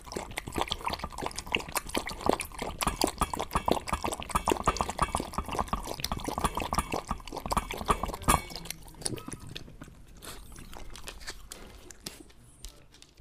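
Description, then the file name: Dog drinking: rapid wet lapping at about three laps per second for about eight seconds, then softer, sparser lapping. "eating and drinking dog"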